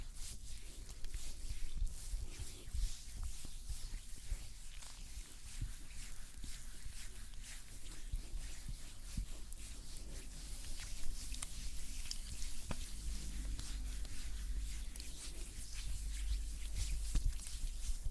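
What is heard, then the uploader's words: Makeup cleansing comes through as a steady, dense crackling rub with frequent soft clicks and a constant low hum beneath throughout. ASMR Makeup Cleansing with Personal Attention(No Talking).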